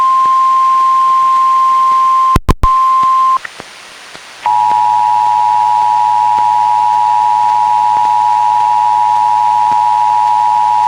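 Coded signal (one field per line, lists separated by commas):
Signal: Emergency Alert System (SAME) tones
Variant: 853 and 960 Hz attention tone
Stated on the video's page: AMBER Alert relayed by NOAA Weather Radio station in Olympia, recorded from a Reecom R-1630 weather radio.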